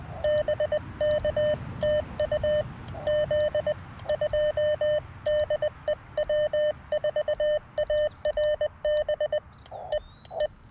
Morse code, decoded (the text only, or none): BK TU Z 2 DE W4ARB E E